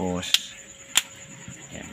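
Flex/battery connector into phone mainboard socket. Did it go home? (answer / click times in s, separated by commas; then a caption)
yes / 1.0 s. A flex or battery connector is pressed back onto its board socket on a Realme C11 2021 phone being fixed for not charging, with no power and no display. Someone talks briefly at the start, then there is a faint tick near 0.3 s and a sharp snap at 1.0 s as the connector seats flat onto the board.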